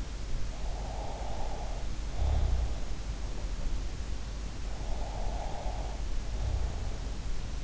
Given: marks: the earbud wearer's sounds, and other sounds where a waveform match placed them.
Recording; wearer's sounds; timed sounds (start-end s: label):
sounds in sleep by an in-ear microphone; snoring breath
0.57-3.04 s: snoring breath
4.72-7.64 s: snoring breath